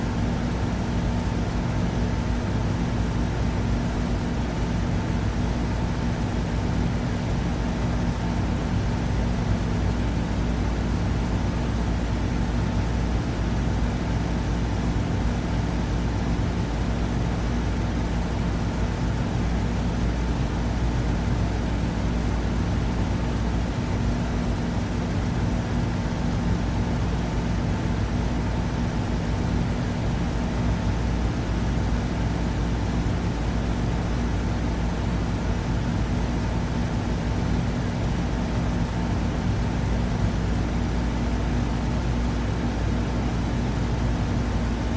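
An air conditioner runs with a steady, unchanging whoosh over a low, heavy hum. Several fixed tones sit inside the drone, a deep buzz and a faint higher whine, and the level stays constant throughout with no breaks or other events.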